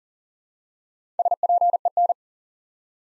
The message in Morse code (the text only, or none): SPEN